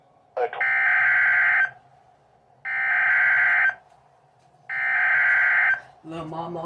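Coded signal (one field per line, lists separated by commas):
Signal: Emergency Alert System (SAME) tones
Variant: header bursts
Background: speech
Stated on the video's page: Alerts from the remnants of Hurricane Beryl.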